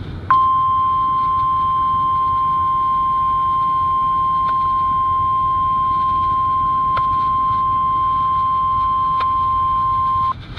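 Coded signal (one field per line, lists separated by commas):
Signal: Emergency Alert System (SAME) tones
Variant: 1050 Hz attention tone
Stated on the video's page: Required weekly test SAME tones, recorded in a car with an iPhone 5S.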